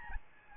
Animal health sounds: mosquito wingbeat signal from an infrared sensor; Aedes albopictus

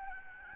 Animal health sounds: mosquito wingbeat signal from an infrared sensor; Aedes albopictus

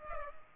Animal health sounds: mosquito wingbeat signal from an infrared sensor; Culex pipiens

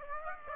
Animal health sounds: mosquito wingbeat signal from an infrared sensor; Aedes aegypti

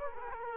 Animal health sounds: mosquito wingbeat signal from an infrared sensor; Culex quinquefasciatus

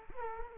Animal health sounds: mosquito wingbeat signal from an infrared sensor; Culex quinquefasciatus

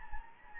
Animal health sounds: mosquito wingbeat signal from an infrared sensor; Anopheles gambiae

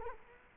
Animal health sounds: mosquito wingbeat signal from an infrared sensor; Culex quinquefasciatus

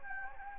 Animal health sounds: mosquito wingbeat signal from an infrared sensor; Anopheles gambiae

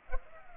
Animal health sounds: mosquito wingbeat signal from an infrared sensor; Culex pipiens

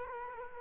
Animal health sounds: mosquito wingbeat signal from an infrared sensor; Culex quinquefasciatus

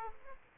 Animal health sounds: mosquito wingbeat signal from an infrared sensor; Aedes aegypti

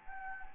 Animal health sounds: mosquito wingbeat signal from an infrared sensor; Anopheles gambiae

